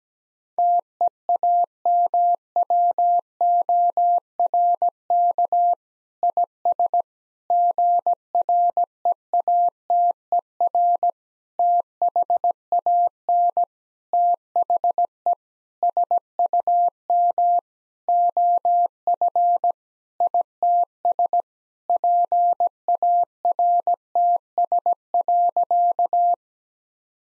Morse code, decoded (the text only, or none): TEAMWORK IS GREATER THAN THE SUM OF ITS PARTS.